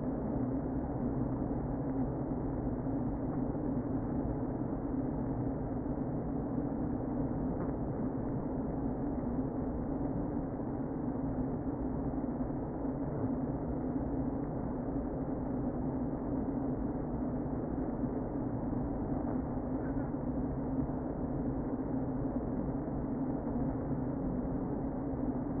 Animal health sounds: honeybee colony, microphone inside the hive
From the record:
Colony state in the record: queen present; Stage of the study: before two queens were removed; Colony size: about 60,000 bees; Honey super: yes

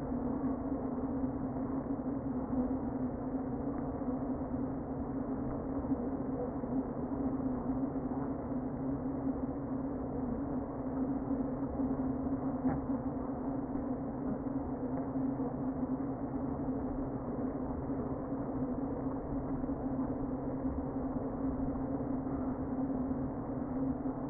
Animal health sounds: honeybee colony, microphone inside the hive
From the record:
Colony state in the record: queen present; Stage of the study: before two queens were removed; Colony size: about 60,000 bees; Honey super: yes

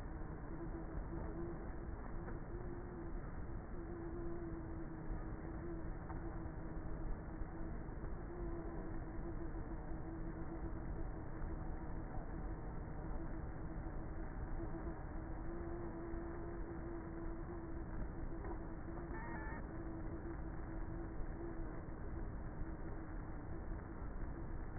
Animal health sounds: honeybee colony, microphone inside the hive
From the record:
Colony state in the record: queenless with a low population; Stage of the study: before two queens were removed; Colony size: about 30,000 bees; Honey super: no

